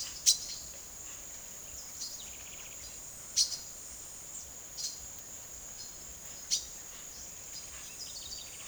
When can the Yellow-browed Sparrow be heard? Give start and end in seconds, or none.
2.67-4.43